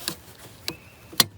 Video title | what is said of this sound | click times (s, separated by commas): VW Golf Headlamp Replacement | Here, I'll undo it. Clicking left. | 1.2 s